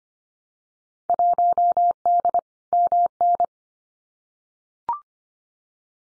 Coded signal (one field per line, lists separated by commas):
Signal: Morse code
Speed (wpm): 25 wpm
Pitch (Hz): 700 Hz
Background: none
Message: 1D MN